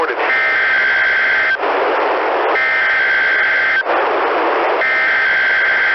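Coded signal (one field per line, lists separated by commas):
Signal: Emergency Alert System (SAME) tones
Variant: header bursts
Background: speech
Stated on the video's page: Weekly EAS tests received from broadcast radio stations.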